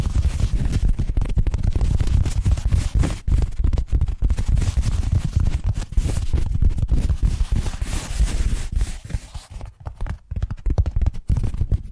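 Rapid tapping triggers run almost continuously, a dense patter of quick, uneven knocks with a heavy low thump under each. The pace stays busy throughout, thinning briefly around the tenth second with a few short gaps before picking up again.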